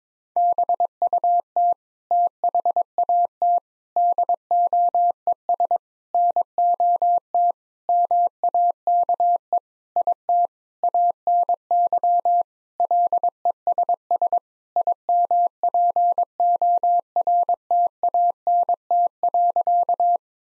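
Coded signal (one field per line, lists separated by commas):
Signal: Morse code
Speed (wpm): 22 wpm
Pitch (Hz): 700 Hz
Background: none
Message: BUT THAT DOES NOT MAKE IT ANY LESS IMPORTANT.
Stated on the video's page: Morse code practice at 22 wpm: sentences built from common seven-word phrases, each sent, then spoken, then sent again, for head-copy.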